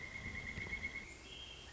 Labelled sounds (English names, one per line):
Pileated Woodpecker